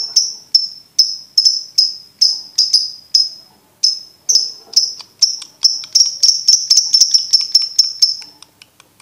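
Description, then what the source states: Lovebird ngekek-style chatter: steady sharp high notes, about two a second, then speeding into a rapid, dense run of clipped notes. Master recording for birds to learn the ngekek song style.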